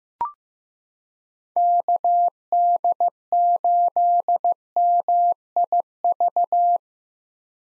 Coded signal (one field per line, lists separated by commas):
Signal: Morse code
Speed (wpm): 15 wpm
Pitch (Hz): 700 Hz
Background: none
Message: KD8MIV